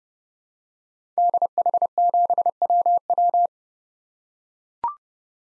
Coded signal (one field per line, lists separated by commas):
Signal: Morse code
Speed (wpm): 32 wpm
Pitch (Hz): 700 Hz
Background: none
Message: DH7WW